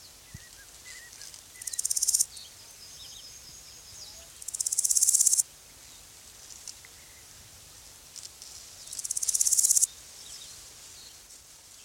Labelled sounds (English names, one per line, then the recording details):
Large Gold Grasshopper
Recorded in the wild
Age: imago
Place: Köppchensee, Berlin, DE
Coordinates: 52.6167, 13.3667
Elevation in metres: 40
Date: 2003-06-22 14:13
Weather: heiter, 17 - 18°C
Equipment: Fair Mate ST-1328 (Asahi Electronics, Japan), Sennheiser ME 80, Kopie Uher 4000 Report Monitor
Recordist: Tembrock, Günter